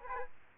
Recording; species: mosquito wingbeat signal from an infrared sensor; Aedes aegypti